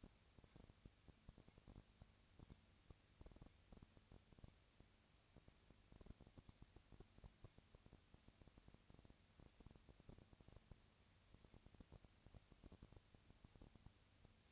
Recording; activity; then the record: daily activity, microphone in the room; no activity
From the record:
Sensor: 2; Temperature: 20.1 degrees Celsius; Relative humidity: 35.5%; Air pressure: 996.8 hPa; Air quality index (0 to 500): 197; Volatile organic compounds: 30 ppm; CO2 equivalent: 2952 ppm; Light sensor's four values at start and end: 2/3/2/2 and 2/3/2/2